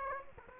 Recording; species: mosquito wingbeat signal from an infrared sensor; Aedes aegypti